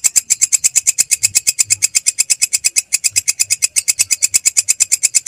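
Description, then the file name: Grasshopper stridulating: a continuous high, scratchy pulsed rasp of rapid, even pulses, unbroken from start to finish. "suara belalang kecek"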